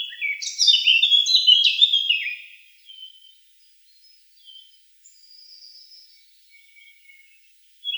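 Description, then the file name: Eurasian blackcap song: a short, fast warbled phrase of tumbling high notes lasting about two seconds, followed by a few faint, thin notes. "Slavka chernogolovaja"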